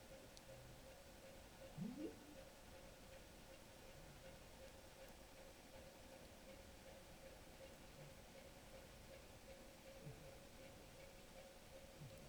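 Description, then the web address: Rorqual calls: a clear low rising sweep near the start, followed by a few fainter short upsweeps spread throughout over steady tonal noise. Norway, 5 January 2023, 01:22. "college France rorqual Norvege"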